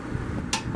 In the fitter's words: click and there's that clip okay so now that